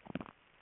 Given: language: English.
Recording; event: throat vibration sensor signal played as sound; swallow